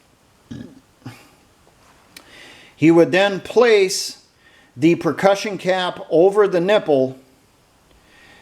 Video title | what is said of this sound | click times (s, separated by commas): WW2 British Home Guard Northover Projector | closing the breach and it would lock into place cuz this was spring-loaded | 2.2 s